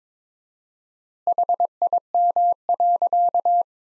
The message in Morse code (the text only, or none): HIM.